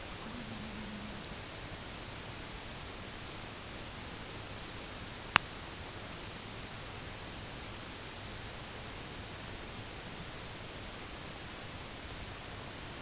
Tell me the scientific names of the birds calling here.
none